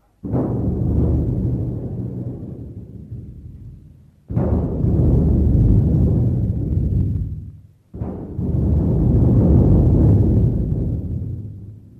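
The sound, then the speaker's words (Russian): Three loud cannon shots of a salute, fired roughly four seconds apart, each a sharp boom trailing into a long, low rumbling decay. No voices are heard. “Отдать салют в честь русских моряков, первооткрывателей Антарктиды.”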